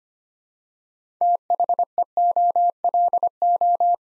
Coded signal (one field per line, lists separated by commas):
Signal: Morse code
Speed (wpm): 25 wpm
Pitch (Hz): 700 Hz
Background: none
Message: THEOLO